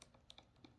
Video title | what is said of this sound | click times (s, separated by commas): Ferrari 456/550 Cooling Fan Harness description and installation. | you hear that click, | 0.3 s